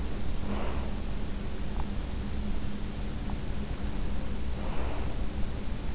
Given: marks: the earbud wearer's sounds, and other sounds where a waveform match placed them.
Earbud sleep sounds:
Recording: sounds in sleep by an in-ear microphone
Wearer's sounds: breath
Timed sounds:
0.00-1.03 s: breath
1.42-3.42 s: sound from someone else or the room
4.42-5.36 s: breath

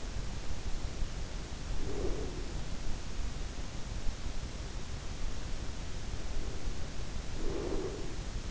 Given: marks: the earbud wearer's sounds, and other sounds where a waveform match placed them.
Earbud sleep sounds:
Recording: sounds in sleep by an in-ear microphone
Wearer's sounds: breath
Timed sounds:
1.56-2.60 s: breath
6.52-8.51 s: breath

